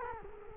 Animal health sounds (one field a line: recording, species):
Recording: mosquito wingbeat signal from an infrared sensor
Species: Culex quinquefasciatus